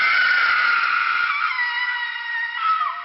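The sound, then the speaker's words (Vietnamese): A woman's shrill, piercing scream from inside a tomb passage holds steady and loud for about three seconds, its high pitch wavering before sliding downward at the very end. No one speaks. “Nhưng tình huống thực tế đã lập tức phủ định khả năng này, bởi tiếng hét xé tay bên trong mộ đạo vẫn đang tiếp tục vẳng tới.”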